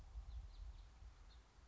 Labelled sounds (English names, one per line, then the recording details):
House Finch
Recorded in Sonoma County, California